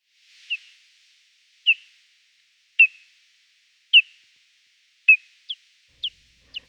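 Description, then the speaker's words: Hoary bat echolocation calls rendered audible, short downward chirps repeated about once a second, then quickening into a faster series near the end. Echolocating hoary bat recorded with a bat detector; ultrasonic calls inaudible in nature without it. "that is the echolocating hoary bat."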